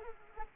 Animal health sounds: mosquito wingbeat signal from an infrared sensor; Anopheles arabiensis

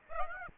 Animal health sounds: mosquito wingbeat signal from an infrared sensor; Aedes aegypti

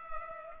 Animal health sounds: mosquito wingbeat signal from an infrared sensor; Culex pipiens

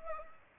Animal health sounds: mosquito wingbeat signal from an infrared sensor; Aedes aegypti

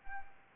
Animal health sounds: mosquito wingbeat signal from an infrared sensor; Anopheles gambiae

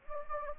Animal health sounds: mosquito wingbeat signal from an infrared sensor; Anopheles gambiae

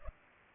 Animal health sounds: mosquito wingbeat signal from an infrared sensor; Culex pipiens

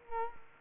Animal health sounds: mosquito wingbeat signal from an infrared sensor; Culex quinquefasciatus

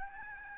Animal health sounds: mosquito wingbeat signal from an infrared sensor; Aedes albopictus

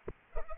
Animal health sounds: mosquito wingbeat signal from an infrared sensor; Culex pipiens

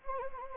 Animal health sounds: mosquito wingbeat signal from an infrared sensor; Anopheles gambiae

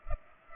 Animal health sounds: mosquito wingbeat signal from an infrared sensor; Culex pipiens

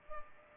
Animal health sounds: mosquito wingbeat signal from an infrared sensor; Culex pipiens

